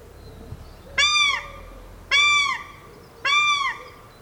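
Paradise shelduck calling three times, each a strident, downward-curving honk roughly every 1.2 seconds.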